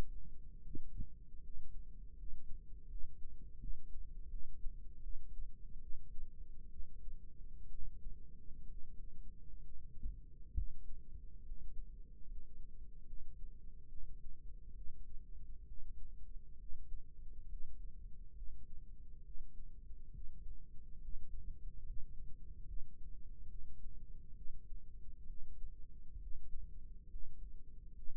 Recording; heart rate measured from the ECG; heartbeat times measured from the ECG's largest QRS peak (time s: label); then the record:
heart sounds by microphone in the left ear; 70 bpm
0.60 s: heartbeat
1.40 s: heartbeat
2.14 s: heartbeat
2.87 s: heartbeat
3.57 s: heartbeat
4.27 s: heartbeat
5.00 s: heartbeat
5.79 s: heartbeat
6.68 s: heartbeat
7.66 s: heartbeat
8.65 s: heartbeat
9.59 s: heartbeat
10.52 s: heartbeat
11.42 s: heartbeat
12.24 s: heartbeat
13.04 s: heartbeat
13.87 s: heartbeat
14.73 s: heartbeat
15.64 s: heartbeat
16.57 s: heartbeat
17.46 s: heartbeat
18.34 s: heartbeat
19.21 s: heartbeat
20.10 s: heartbeat
20.99 s: heartbeat
21.83 s: heartbeat
22.65 s: heartbeat
23.47 s: heartbeat
24.33 s: heartbeat
25.25 s: heartbeat
26.18 s: heartbeat
27.07 s: heartbeat
27.93 s: heartbeat
From the record:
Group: healthy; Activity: rest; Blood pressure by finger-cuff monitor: 137/69 mmHg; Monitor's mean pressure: 88 mmHg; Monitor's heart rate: 69 bpm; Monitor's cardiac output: 6.1 L/min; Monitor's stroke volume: 88 mL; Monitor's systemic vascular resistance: 1040 dyn s/cm5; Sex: female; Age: 37 years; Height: 168 cm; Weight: 70 kg